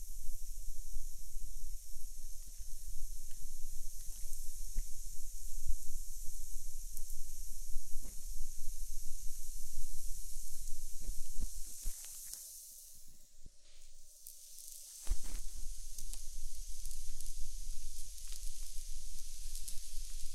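An ear candle sizzles, a steady bright hiss laced with dense, irregular crackles and pops, much like meat grilling or rain. Around twelve seconds the sound thins and dips quieter, then returns abruptly at fifteen with a faint low hum underneath.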